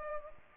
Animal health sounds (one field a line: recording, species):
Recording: mosquito wingbeat signal from an infrared sensor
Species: Culex pipiens